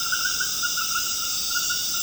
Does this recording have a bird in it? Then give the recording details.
no. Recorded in dense forest near Puerto Asís, Putumayo, Colombia, on 19 March 2025 at 20:30. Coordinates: 0.481, -76.323. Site G088